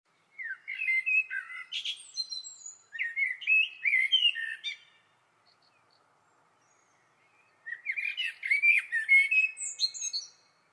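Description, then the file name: Common blackbird delivers varied song phrases of melodious whistles mixed with squeaky high notes, then a pause of a few seconds before another phrase. "Turdus merula"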